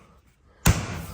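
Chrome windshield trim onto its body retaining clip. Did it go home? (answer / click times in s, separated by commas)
yes / 0.7 s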